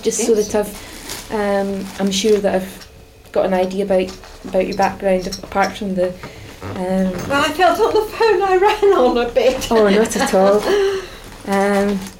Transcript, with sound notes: So, just so that I've, erm, I'm sure that I've got an idea about your background apart from the erm--
Well I felt on the phone I ran on a bit. [laughs]
Oh, not at all. Erm,